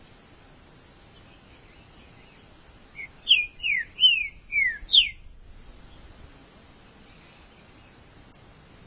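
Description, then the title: Green-winged saltator song: after a quiet start, a burst of five loud descending whistled notes, then silence with a stray faint chirp. "Trinca Ferro"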